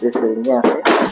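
A plastic water tank is being put back into the base station of a Dreame X40 robot vacuum while someone talks. Only voice and faint handling sounds are heard, and nothing has seated or clicked into place yet.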